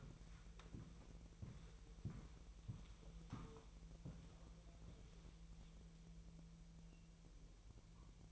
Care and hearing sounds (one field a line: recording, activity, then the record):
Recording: daily activity, microphone in the room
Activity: walk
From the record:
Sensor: 1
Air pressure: 1002.1 hPa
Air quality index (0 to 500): 238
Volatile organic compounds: 96 ppm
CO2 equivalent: 3725 ppm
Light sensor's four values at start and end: 8/20/8/9 and 8/19/8/9